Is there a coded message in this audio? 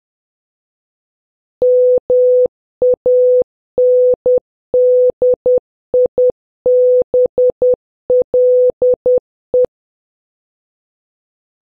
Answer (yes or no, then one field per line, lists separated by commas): yes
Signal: Morse code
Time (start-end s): 1.6-9.7 s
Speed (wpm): 10 wpm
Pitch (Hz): 500 Hz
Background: none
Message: MANDIBLE